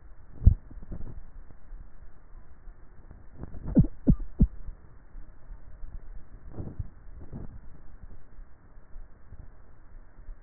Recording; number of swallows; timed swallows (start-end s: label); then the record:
swallowing sounds by neck microphone; 2
0.44-1.14 s: swallow
6.61-7.44 s: swallow
From the record:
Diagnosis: dysphagia